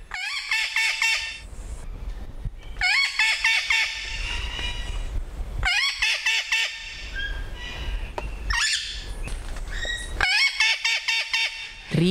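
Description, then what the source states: Puerto Rican Parrot calls: loud grating squawks with sharply rising starts, grouped in bursts separated by short gaps, over a low rumbling background. Captive parrots of the Río Abajo population, Puerto Rico; one of four distinct vocal dialects that vary by area and by captive or wild status.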